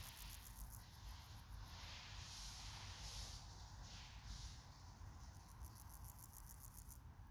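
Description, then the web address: Meadow grasshopper giving soft, quick, high-pitched pulsed stridulation at the start and again near the end, over a hissy, rumbling background. 20 August 2024, around 14:20. "2024 08 20 14 20 49 parallelus"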